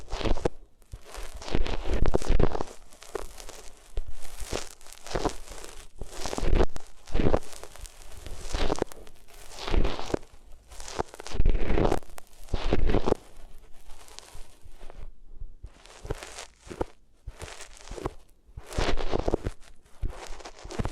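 Rubbing sounds against different materials, made up of dense, scratchy strokes that swell and fade in a loose rhythm roughly every second. The texture is rough and crunchy, with occasional brief pauses and quieter stretches near fifteen and eighteen seconds.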